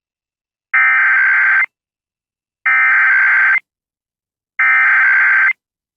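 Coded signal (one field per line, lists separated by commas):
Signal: Emergency Alert System (SAME) tones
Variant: header bursts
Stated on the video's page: Statewide Mississippi Blue Alert received over an IP radio stream.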